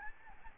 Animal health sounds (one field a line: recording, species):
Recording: mosquito wingbeat signal from an infrared sensor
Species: Aedes albopictus